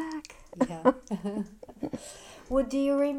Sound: she laughs

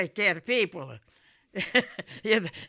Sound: she laughs

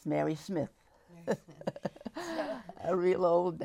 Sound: laughs

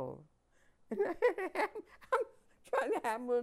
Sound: laughs

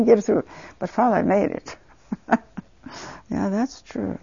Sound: she laughs

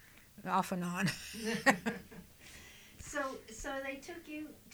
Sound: they laugh

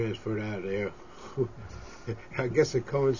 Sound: he laughs

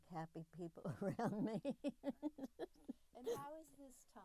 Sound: laughs

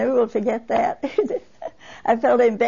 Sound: she laughs

